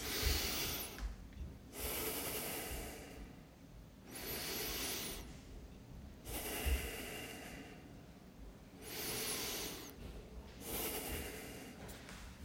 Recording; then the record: deep breathing after running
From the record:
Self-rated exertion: very light exertion (1 of 6); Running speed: 6 miles an hour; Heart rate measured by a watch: 112 beats a minute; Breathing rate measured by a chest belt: 11 breaths a minute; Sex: male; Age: 24 years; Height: 185 cm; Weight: 79 kg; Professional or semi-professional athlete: no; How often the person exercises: 1 to 2 times a week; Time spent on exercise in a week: 2 to 3 hours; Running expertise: no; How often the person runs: 1 to 2 times a week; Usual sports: running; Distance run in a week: 20 km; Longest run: 10 km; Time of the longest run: 50 minutes